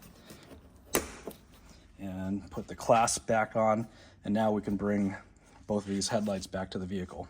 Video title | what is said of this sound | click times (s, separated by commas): 2011 Volvo XC70 P3 - Replacing bulbs in the headlight housing | bulb cover back on click it in | 0.9 s